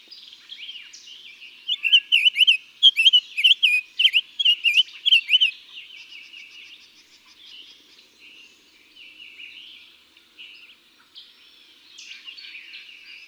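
Summer tanager song, a string of rich, slurred up-and-down notes lasting about four seconds, surrounded by quieter bird sounds.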